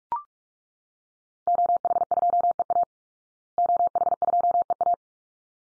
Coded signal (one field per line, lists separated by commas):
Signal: Morse code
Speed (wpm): 44 wpm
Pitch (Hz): 700 Hz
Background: none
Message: OH2EA OH2EA